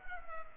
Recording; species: mosquito wingbeat signal from an infrared sensor; Culex pipiens